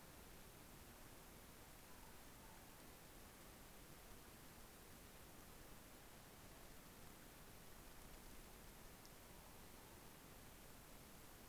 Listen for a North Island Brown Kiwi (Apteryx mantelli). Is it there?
no